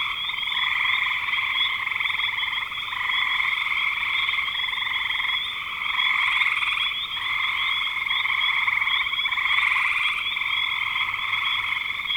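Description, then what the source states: Frogs in a dense, continuous chorus, a steady trilling wall of calls that swells and dips every few seconds without pause. Recorded in spring 2025.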